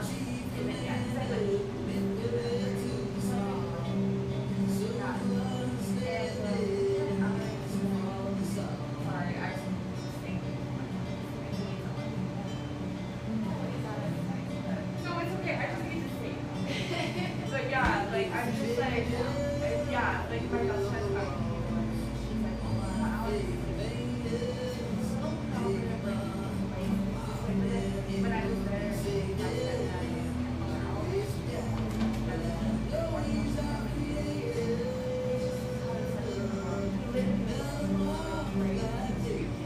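Café sounds from a little drip coffee joint in eastern Seattle: a steady murmur of overlapping voices and chatter runs throughout. A low, constant rumble sits underneath, with scattered clinks and short bright clatters, busier after about fifteen seconds.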